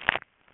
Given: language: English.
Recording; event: throat vibration sensor signal played as sound; swallow